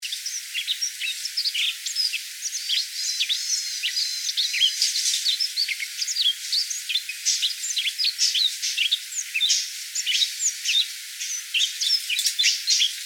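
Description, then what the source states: Yellow-throated bunting calls: a busy chatter of sharp high chips and thin notes, steady throughout with no breaks. Recorded on 7 January 2018.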